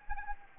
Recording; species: mosquito wingbeat signal from an infrared sensor; Anopheles gambiae